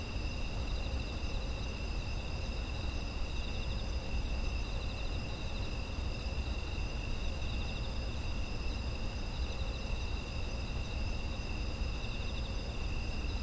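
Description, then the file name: Layered insect trilling, high and unbroken, some bands softly throbbing, heard over a continuous low hum for the whole stretch. Autumn insects, environmental ambience. "秋の虫の環境音"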